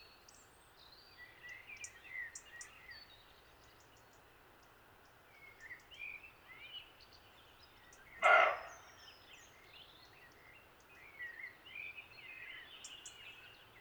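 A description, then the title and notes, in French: A single sharp dog bark rings out in the undergrowth a little after the eight-second mark. Before and after it, birds chirp and twitter in scattered, high bursts, over a quiet, steady low hiss. ABOIEMENTS EN SOUS-BOIS. Val Maravel - Nagra seven - stéréo - mkh20. Le soir doucement s'installe accompagné d'une fraîcheur certaine.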